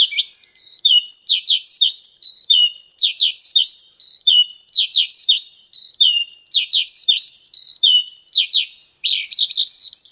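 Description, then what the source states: Horsfield's bush lark singing a fast, unbroken stream of sharp, high warbled and chirped notes, with a brief pause near the end before the song resumes. Vietnam type.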